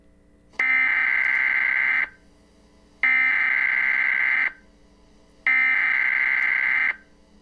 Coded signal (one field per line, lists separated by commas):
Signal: Emergency Alert System (SAME) tones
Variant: header bursts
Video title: ktla 5 emergency alert system flash flood warning test